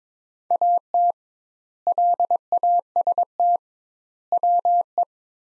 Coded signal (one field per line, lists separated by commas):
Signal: Morse code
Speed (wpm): 22 wpm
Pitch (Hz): 700 Hz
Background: none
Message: AT LAST WE